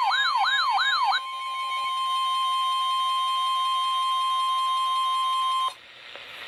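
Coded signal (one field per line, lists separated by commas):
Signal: Emergency Alert System (SAME) tones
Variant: 1050 Hz attention tone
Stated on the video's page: Three flood warnings from NWS St. Louis on NOAA Weather Radio station KDO89 St. Louis, Missouri.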